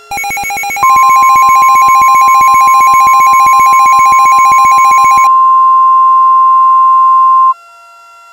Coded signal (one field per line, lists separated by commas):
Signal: Emergency Alert System (SAME) tones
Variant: 1050 Hz attention tone